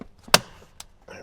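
A final press on a plastic trim cover onto a Toyota 4Runner's rearview mirror housing gives one loud, sharp snap at 0.3 s, with a fainter tick at 0.8 s, as the last trim clip snaps home. The cover is fully seated, and someone talks right after.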